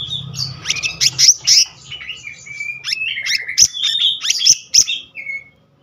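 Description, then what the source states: Selendang biru songbird giving a fast, varied stream of sharp chips, thin whistles and short trills, ending in a brief falling whistle. Continuous rolling song style called gacor ngeroll, with varied filler notes (isian).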